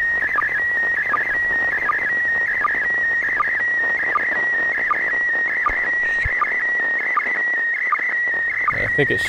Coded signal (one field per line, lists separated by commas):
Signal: SSTV (slow-scan television)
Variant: PD 180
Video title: Perfect ISS SSTV Images... Almost! - ISS SSTV April 2016 Video #2